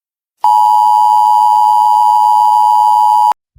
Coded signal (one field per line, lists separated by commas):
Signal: Emergency Alert System (SAME) tones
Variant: 853 and 960 Hz attention tone